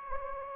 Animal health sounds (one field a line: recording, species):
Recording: mosquito wingbeat signal from an infrared sensor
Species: Anopheles gambiae